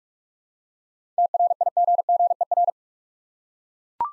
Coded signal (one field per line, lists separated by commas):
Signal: Morse code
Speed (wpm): 44 wpm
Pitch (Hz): 700 Hz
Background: none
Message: TRIGGER